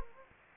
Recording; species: mosquito wingbeat signal from an infrared sensor; Anopheles gambiae